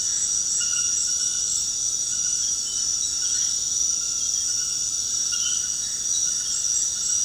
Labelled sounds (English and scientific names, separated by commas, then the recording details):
none
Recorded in secondary vegetation near Puerto Asís, Putumayo, Colombia, on 21 February 2024 at 20:30
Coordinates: 0.472, -76.331
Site G6371